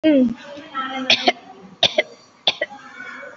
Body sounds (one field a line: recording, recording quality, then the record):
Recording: heavy voluntary cough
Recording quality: excellent, no background noise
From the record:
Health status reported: COVID-19 positive, mild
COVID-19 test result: positive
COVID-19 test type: RT-PCR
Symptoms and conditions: cold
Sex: female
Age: 65 years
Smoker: no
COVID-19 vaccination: both doses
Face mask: worn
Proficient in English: yes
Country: India